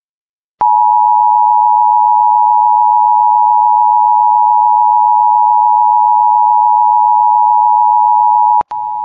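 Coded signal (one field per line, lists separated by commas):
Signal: Emergency Alert System (SAME) tones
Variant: 853 and 960 Hz attention tone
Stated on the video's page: Recreated EAS coastal flood warning for Delaware built from a real alert audio file, with valid tones.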